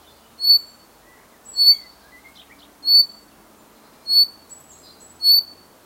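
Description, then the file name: Common chaffinch calls: short, sharp, bright notes repeated about every 1.2 seconds, five in all, with faint softer chirps between them over a low background hiss. "Fringilla coelebs"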